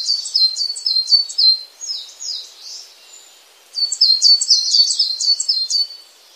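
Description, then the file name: Coal tit song: high, thin notes repeated rapidly in two bursts, with a short fainter stretch between them. "진박새"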